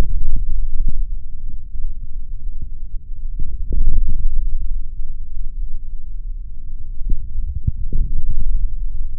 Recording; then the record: forearm muscle sounds (acoustic myography)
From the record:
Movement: forearm supination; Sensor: system 3, bracelet of six PUI Audio POM-2738L microphones around the upper forearm, with dedicated amplification and filtering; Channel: 4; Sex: male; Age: 26 years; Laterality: right